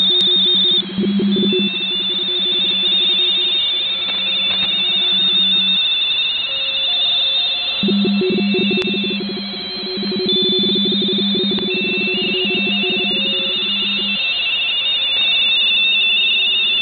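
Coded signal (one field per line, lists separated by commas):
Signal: RTTY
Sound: two overlapping warbling two-tone teleprinter signals chattering rapidly, with a low buzzing underneath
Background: radio static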